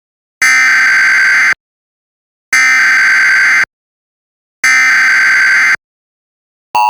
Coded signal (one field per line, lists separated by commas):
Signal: Emergency Alert System (SAME) tones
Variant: header bursts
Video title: EAS Mock 17: West Virginia Ammonia Leak